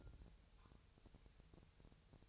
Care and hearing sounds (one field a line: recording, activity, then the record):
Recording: daily activity, microphone in the room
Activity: take from stove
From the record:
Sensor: 2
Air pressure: 999.1 hPa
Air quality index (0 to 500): 198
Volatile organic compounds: 29 ppm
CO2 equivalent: 2925 ppm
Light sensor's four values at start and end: 6/15/6/6 and 6/15/6/6